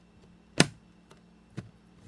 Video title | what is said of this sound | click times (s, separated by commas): Stampin' Cut Machine Unveiling! | and it just snaps back in | 0.6 s